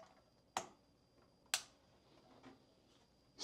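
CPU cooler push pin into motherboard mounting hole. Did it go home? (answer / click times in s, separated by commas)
yes / 0.6 s, 1.5 s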